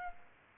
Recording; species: mosquito wingbeat signal from an infrared sensor; Aedes aegypti